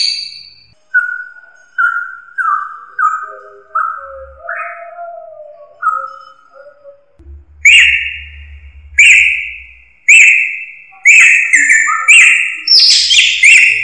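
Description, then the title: Drongo song opening with a run of clear whistled notes, then loud, harsh, repeated calls given roughly every second. "Suara Srigunting. Hobiburung"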